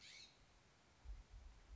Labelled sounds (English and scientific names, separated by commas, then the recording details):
California Scrub-Jay (Aphelocoma californica)
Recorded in Sonoma County, California